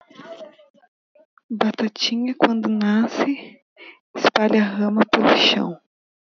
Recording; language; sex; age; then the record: short text; Brazilian Portuguese; female; 20 to 29 years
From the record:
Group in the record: control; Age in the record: 29 years